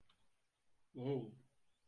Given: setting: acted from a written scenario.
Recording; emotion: vocal sound without words; realization